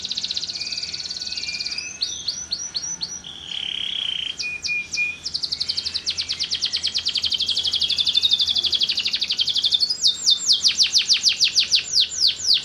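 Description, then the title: Canary singing an extended song: buzzy rolls at first, then a long run of fast repeated notes that grows louder, ending in sweeping whistles. Kalitan-type canary singing actively (gacor) with long song phrases (suara panjang). "Kenari Kalitan Gacor Suara Panjang"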